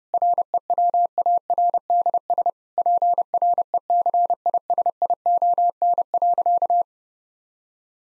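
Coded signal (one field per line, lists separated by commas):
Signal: Morse code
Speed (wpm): 30 wpm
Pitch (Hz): 700 Hz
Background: none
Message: REWARDS PRECISION.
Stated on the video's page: 30 WPM Morse copying practice of difficult sentences with contextual hints.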